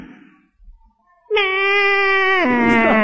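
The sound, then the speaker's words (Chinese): After a brief murmur of speech, a voice lets out a loud, drawn-out bleat, steady at first, then dropping and wavering. It imitates how the speaker's horse neighs, a neigh that comes out sounding like an old sheep. “啊，你看我那个马一叫唤都这个声音。”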